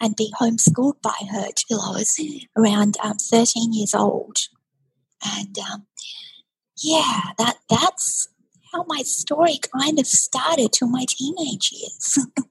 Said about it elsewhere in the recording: I had a tracheostomy tube in my throat for 11 years, which is, as you can hear, my voice is a bit breathy. because I still have a paralyzed vocal cord.